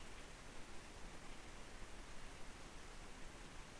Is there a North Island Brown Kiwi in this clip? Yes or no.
no